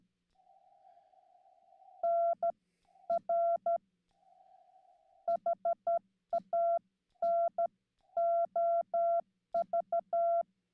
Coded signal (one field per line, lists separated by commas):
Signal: Morse code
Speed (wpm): 12 wpm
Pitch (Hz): 680 Hz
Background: none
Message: NR HANOV